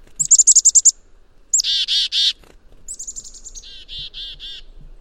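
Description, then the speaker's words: Black-capped Chickadee giving chickadee-dee-dee calls: rapid high chip notes followed by several buzzy, harsh dee notes, given twice. Signature chickadee-dee-dee call, distinct from the spring song; the number of dee notes reflects the bird's judgment of a threat's danger; recorded in Maine, USA. "You might not know, but the black-capped chickadee call, that very charismatic chickadee-dee-dee, the number of D's at the end is a judgment that the chickadee makes about how dangerous a particular threat would be."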